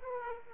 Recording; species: mosquito wingbeat signal from an infrared sensor; Aedes aegypti